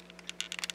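While a Legends Voyager Class Black Convoy plastic action figure is transformed into drone mode, its tail fin section is swung back out and locks into the figure's body. A short burst of sharp plastic clicks runs from about 0.3 to 0.7 s over a steady low hum, with the main locking click at 0.4 s. The tail fin is seated.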